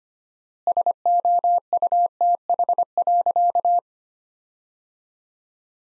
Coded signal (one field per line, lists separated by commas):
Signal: Morse code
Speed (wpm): 25 wpm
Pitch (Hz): 700 Hz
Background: none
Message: SOUTH.